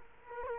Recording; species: mosquito wingbeat signal from an infrared sensor; Culex quinquefasciatus